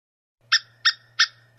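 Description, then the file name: Squirrel giving four rasping, clipped notes about a third of a second apart over a low steady hum. "suara bajing. omkicau"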